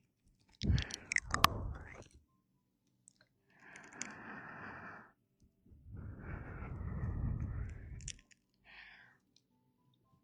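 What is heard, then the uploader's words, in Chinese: Warm breathing into the ear: a few sharp mouth clicks early, then two long, soft exhales around four and seven seconds, separated by silence. 贴耳温热呼吸~ 亲亲你。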